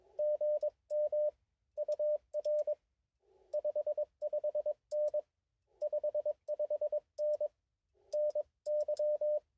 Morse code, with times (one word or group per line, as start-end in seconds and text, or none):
0.2-1.3 GM
1.8-2.7 UR
3.5-5.2 55N
5.8-7.5 55N
8.1-9.4 NY